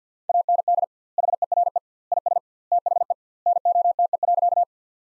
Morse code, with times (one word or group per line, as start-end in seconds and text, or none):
0.3-0.8 AND
1.2-1.8 HERE
2.1-2.4 IS
2.7-3.1 THE
3.5-4.6 NOTE.